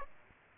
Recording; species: mosquito wingbeat signal from an infrared sensor; Aedes aegypti